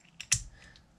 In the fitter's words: locked into place,